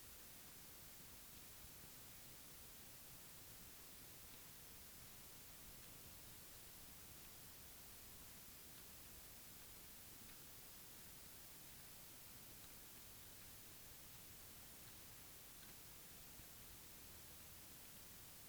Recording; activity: daily activity, guitar pickup as the sensor; walk